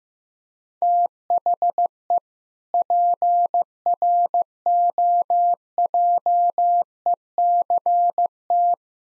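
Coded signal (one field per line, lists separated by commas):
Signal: Morse code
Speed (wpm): 15 wpm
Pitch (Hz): 700 Hz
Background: none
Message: THE PROJECT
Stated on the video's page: Morse practice at 15 wpm: sentences containing common seven-word phrases for head-copy, each sentence sent twice.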